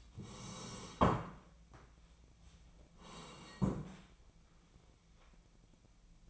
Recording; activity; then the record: daily activity, microphone in the room; sit down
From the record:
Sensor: 1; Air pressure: 1012.3 hPa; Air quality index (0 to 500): 174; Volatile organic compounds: 3 ppm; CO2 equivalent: 1428 ppm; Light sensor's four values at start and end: 44/118/48/59 and 44/119/48/59